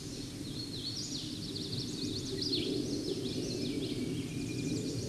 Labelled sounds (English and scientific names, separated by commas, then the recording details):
Hooded Warbler (Setophaga citrina) song
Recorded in a Pennsylvania forest on 16 May 2024 at 08:59
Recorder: AudioMoth, point MSD-2257
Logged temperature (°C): 16.0 °C
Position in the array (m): 144 m, 138 m